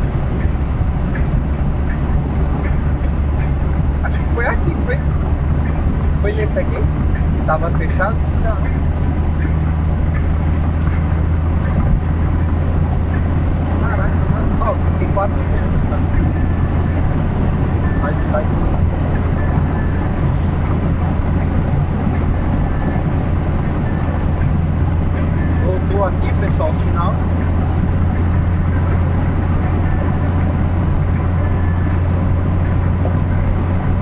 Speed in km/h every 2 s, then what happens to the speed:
78, 80, 83, 87, 90, 93, 96, 97, 98, 97, 97, 97, 97, 98, 100, 100, 103.
0-11 speeds up to 96. 11-34 steady at about 97.